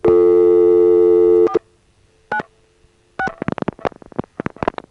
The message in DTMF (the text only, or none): 4 9 6